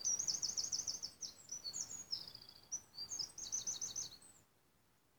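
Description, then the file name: Eurasian wren song, a hurried stream of piercing high trills and warbled notes lasting about four seconds before stopping, followed by quiet. "Troglodytes troglodytes"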